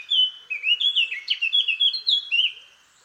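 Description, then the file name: Eurasian blackcap song, a rapid run of mellow, fluty, slurred whistles with a few scratchier notes mixed in. "Sylvia atricapilla"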